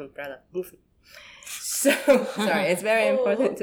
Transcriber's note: laughs